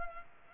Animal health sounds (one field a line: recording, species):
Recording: mosquito wingbeat signal from an infrared sensor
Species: Culex pipiens